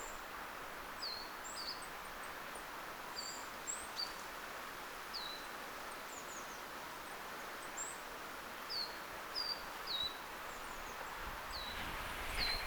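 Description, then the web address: Coal tit calls: a loose series of high, thin, falling notes, some paired, scattered among other faint high-pitched flock calls over constant ambient noise. Plaintive calls heard within a small bird flock, 15 October 2024. "15 10 2024 kuusitiaisen haikeita aania pikkulintuparvi"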